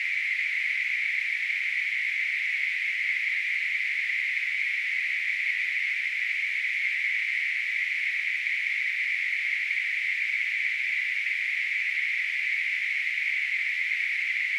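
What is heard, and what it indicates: A steady, unchanging hiss centred in the upper-middle pitch range, around 2 kHz, runs for about fifteen seconds without pauses or rhythm. It is a simulated tinnitus sound, imitating the constant noise-like ringing a person with tinnitus hears.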